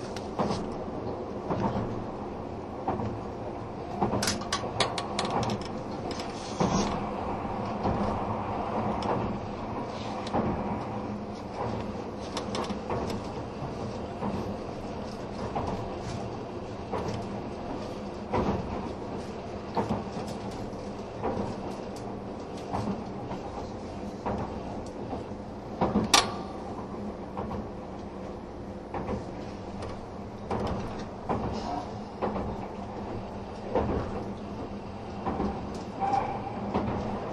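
Train running sound from the Spacia X express: a steady low rumble with rhythmic clicks and rattles, and a sharp clack near twenty-six seconds.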